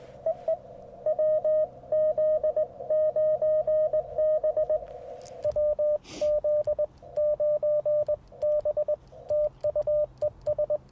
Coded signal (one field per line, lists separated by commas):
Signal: Morse code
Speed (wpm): 20 wpm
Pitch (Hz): 590 Hz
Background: radio noise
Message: EE WZ9B WZ9B TU ES